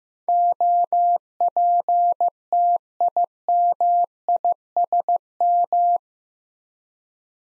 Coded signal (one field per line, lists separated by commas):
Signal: Morse code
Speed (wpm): 15 wpm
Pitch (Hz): 700 Hz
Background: none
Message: OPTIMISM